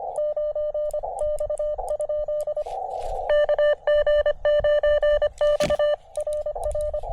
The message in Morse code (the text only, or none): 9X? KG9X RR